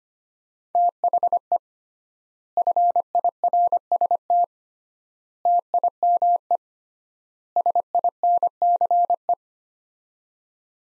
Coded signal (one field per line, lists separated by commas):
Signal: Morse code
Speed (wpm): 25 wpm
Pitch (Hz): 700 Hz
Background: none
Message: THE FIRST TIME SINCE